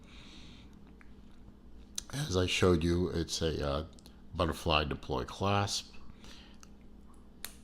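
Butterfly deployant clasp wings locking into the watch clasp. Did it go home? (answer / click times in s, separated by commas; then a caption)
yes / 6.6 s, 7.5 s. Someone talks while closing the metal butterfly deployant clasp on the strap of an Auguste Reymond Cotton Club Q watch. Two sharp clicks follow at 6.6 s and 7.5 s as the clasp wings lock. The clasp snaps shut and seats solidly.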